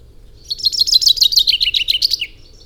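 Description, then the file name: Common chaffinch song, a quick series of high, sharp notes ending in a short downward flourish. "Fringilla coelebs"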